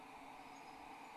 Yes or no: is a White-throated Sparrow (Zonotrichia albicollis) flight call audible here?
no